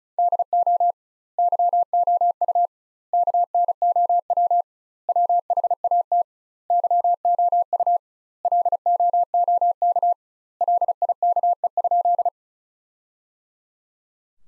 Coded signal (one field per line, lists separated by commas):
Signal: Morse code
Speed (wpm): 34 wpm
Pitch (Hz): 700 Hz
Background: none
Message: DO YOU KNOW WHAT YOU LOOK LIKE?